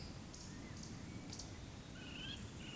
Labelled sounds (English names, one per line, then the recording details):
Eurasian Woodcock whistle
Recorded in Baden-Württemberg, Germany, on 12 June 2020 at 19:42 UTC
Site 43738, 650 m above sea level